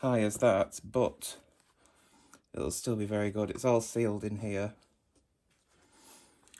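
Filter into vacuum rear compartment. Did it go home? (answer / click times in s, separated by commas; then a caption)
yes / 6.6 s. A filter is refitted into the sealed rear compartment of a pastel blue Sebo E3 Premium cylinder vacuum; it only goes in one way. Someone talks, then after a quiet stretch there is soft handling noise and a sharp click at 6.6 s as the filter seats back in.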